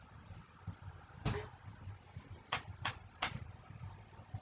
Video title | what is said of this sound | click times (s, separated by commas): DIY How-to - timing belt and waterpump replacement - 1998 2002 Honda Accord | You can hear it click with the torque wrench when you reach that spec. | 2.5 s